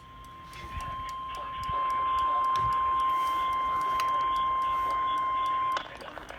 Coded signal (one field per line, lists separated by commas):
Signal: Emergency Alert System (SAME) tones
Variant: 1050 Hz attention tone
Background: speech